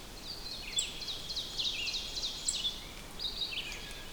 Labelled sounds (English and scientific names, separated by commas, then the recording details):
Red-eyed Vireo (Vireo olivaceus) song
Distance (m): 50 m
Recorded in boreal forest in Alberta, Canada, on 6 June 2016 at 08:35
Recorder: SongMeter 3, array SBT-3-51
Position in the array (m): 145 m, 78 m